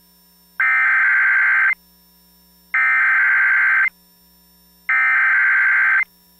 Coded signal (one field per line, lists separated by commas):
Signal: Emergency Alert System (SAME) tones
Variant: header bursts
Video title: EAS PDS Tornado Warning Stonewall/Shreveport, Louisiana (Large Tornado!) NOAA Weather Radio